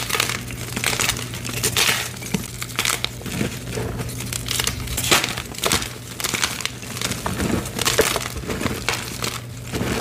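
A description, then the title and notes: Gym chalk being crushed and crumbled makes a dense, continuous crackling and crinkling, with sharper brittle snaps bursting out every second or so, notably near two, five and eight seconds. A low steady hum sits underneath throughout. Rainbow gym chalk compilation.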